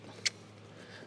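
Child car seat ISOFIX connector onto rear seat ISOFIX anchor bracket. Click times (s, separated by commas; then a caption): 0.3 s. A child car seat's ISOFIX latch arm is pushed back onto a newly fitted metal ISOFIX anchor bracket in the rear seat of a classic Volvo 240. A single sharp click is heard at 0.3 s over a low steady hum, and the connector is seated.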